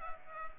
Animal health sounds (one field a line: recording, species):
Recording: mosquito wingbeat signal from an infrared sensor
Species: Culex pipiens